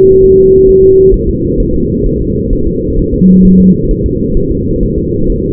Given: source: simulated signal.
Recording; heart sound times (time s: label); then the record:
fetal heart sounds
0.24 s: S1
0.38 s: S2
0.69 s: S1
0.83 s: S2
1.14 s: S1
1.29 s: S2
1.60 s: S1
1.75 s: S2
2.06 s: S1
2.21 s: S2
2.53 s: S1
2.67 s: S2
2.99 s: S1
3.14 s: S2
3.45 s: S1
3.60 s: S2
3.91 s: S1
4.06 s: S2
4.37 s: S1
4.51 s: S2
4.83 s: S1
4.98 s: S2
5.30 s: S1
5.44 s: S2
From the record:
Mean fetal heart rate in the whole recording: 130 bpm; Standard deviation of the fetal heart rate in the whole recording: 4 bpm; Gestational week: 38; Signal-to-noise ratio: -15.3 dB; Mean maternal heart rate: 72 bpm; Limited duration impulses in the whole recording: present